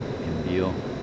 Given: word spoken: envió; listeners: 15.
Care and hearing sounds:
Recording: one Spanish word in noise, from a listening test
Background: speech-shaped noise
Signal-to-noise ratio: 2.8 dB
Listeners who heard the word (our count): 5 of 15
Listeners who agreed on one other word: 7 of 15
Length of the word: 0.63 s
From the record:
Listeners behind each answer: 7, 5, 1, 1, 1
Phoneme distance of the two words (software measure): 14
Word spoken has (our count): 2 syllables, 5 phonemes, stress on syllable 2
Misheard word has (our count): 1 syllable, 3 phonemes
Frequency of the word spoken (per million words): 23.38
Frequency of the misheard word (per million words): 100.51

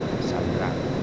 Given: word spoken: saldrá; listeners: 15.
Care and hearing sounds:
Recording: one Spanish word in noise, from a listening test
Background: speech-shaped noise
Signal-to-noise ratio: -5.7 dB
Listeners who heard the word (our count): 2 of 15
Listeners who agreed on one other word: 7 of 15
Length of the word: 0.63 s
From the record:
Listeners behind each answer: 7, 2, 2, 1, 1, 1, 1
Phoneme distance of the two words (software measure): 31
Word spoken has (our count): 2 syllables, 6 phonemes, stress on syllable 2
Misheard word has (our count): 3 syllables, 7 phonemes, stress on syllable 3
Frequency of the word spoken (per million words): 11.22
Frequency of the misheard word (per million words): 8.10

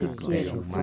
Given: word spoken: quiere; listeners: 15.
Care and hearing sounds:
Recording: one Spanish word in noise, from a listening test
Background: four-talker babble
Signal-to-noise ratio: 0.4 dB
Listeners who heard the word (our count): 0 of 15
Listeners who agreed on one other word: 9 of 15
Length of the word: 0.42 s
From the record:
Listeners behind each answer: 9, 1, 1, 1, 1, 1, 1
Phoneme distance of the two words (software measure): 10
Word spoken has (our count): 2 syllables, 5 phonemes, stress on syllable 1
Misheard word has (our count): 2 syllables, 5 phonemes, stress on syllable 1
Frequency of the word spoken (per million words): 221.12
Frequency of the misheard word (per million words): 157.67

